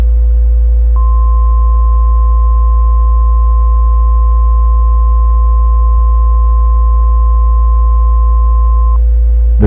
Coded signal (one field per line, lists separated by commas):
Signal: Emergency Alert System (SAME) tones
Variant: 1050 Hz attention tone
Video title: EAS For a Philippine Emergency Action Warning